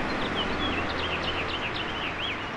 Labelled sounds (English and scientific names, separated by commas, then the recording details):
House Finch (Haemorhous mexicanus) song
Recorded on Long Island, New York, on 21 April 2011
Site GN
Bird D